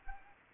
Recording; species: mosquito wingbeat signal from an infrared sensor; Anopheles arabiensis